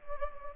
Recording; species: mosquito wingbeat signal from an infrared sensor; Anopheles gambiae